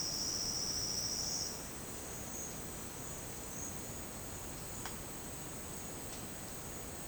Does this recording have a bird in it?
no